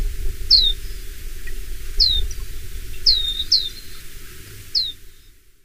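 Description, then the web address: Chestnut-flanked white-eye calling: thin, high, downslurred notes given singly at irregular intervals of about half a second to one and a half seconds, five in all, over a low steady hum. Recorded at Murayama on 4 February 2024. "koe chousenmejiro murayama 20240204"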